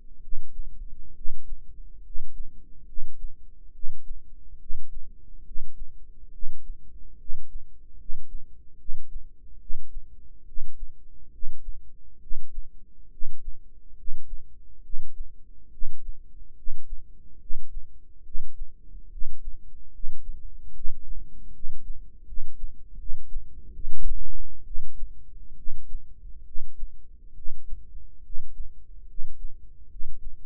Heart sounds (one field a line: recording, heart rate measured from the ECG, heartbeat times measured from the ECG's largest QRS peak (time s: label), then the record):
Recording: heart sounds by microphone in the right ear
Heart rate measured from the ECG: 71 bpm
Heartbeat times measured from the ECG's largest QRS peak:
0.20 s: heartbeat
1.13 s: heartbeat
2.01 s: heartbeat
2.85 s: heartbeat
3.71 s: heartbeat
4.58 s: heartbeat
5.43 s: heartbeat
6.30 s: heartbeat
7.17 s: heartbeat
7.96 s: heartbeat
8.77 s: heartbeat
9.58 s: heartbeat
10.44 s: heartbeat
11.30 s: heartbeat
12.19 s: heartbeat
13.09 s: heartbeat
13.95 s: heartbeat
14.81 s: heartbeat
15.70 s: heartbeat
16.54 s: heartbeat
17.38 s: heartbeat
18.23 s: heartbeat
19.09 s: heartbeat
19.91 s: heartbeat
20.72 s: heartbeat
21.51 s: heartbeat
22.24 s: heartbeat
22.96 s: heartbeat
23.72 s: heartbeat
24.64 s: heartbeat
25.55 s: heartbeat
26.44 s: heartbeat
27.34 s: heartbeat
28.22 s: heartbeat
29.06 s: heartbeat
29.88 s: heartbeat
From the record:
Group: healthy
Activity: rest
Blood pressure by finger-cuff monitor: 124/75 mmHg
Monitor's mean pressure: 88 mmHg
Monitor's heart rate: 70 bpm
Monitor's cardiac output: 6.8 L/min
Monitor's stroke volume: 97 mL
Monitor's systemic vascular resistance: 940 dyn s/cm5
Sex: male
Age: 35 years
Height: 180 cm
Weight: 86.9 kg